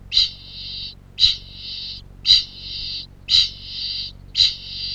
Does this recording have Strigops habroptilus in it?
yes